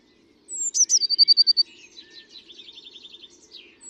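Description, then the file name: Eurasian blue tit gives sharp high notes then a fast ringing trill of around eight notes, followed by a softer run of buzzy twittering; steady low hum behind. "Cyanistes caeruleus"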